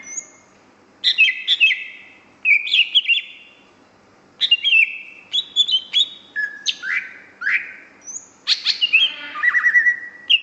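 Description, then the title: Greater green leafbird singing a lively sequence of varied whistles, down-slurred notes and rattling trills, with phrases separated by short silences. Song described as singing until exhausted. "mster Mnuk. Kicau Cucak Ijo Sampai Teler"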